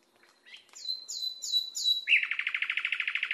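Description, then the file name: Nightingale song, a string of three clear whistles sliding downward, followed by a fast, rhythmic run of chattering pulses. Masteran recording, a song recording used to train cage birds. "suara masteran nightingale"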